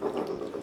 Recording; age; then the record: pig call; piglet (1 to 25 days)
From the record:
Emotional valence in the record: positive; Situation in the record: huddling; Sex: male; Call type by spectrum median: low-frequency call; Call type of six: low-frequency stable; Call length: 0.63 s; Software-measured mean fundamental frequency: 54 Hz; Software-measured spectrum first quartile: 363 Hz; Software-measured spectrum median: 468 Hz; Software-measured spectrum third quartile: 810 Hz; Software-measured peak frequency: 401 Hz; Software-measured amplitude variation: 182 dB a second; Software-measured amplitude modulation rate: 21.4 a second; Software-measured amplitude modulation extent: 8.5 dB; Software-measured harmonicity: 3.1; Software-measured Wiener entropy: -0.71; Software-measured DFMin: 1344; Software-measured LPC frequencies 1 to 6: 450, 1058, 2868, 4588, 5373, 6270 Hz